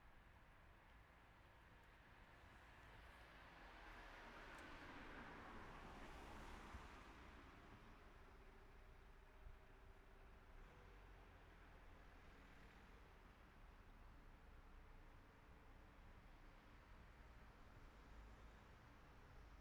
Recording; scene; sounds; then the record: everyday scene through a hearing-aid microphone; in traffic; traffic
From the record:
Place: city secondary road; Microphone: behind the ear, right, front